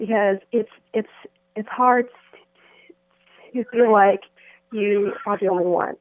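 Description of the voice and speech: A 22-year-old woman who has stuttered since the age of five, with no known cause, speaks with a repeated word, a drawn-out sound and long halting pauses, typical of stuttering.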